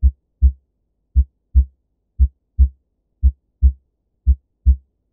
Normal Heart Sound. The main normal heart sounds are the S1 and the S2 heart sound. The first heart sound (S1) results from the closing of the mitral and tricuspid valves. The second heart sound is produced by the closure of the aortic and &nbsp;pulmonic valves.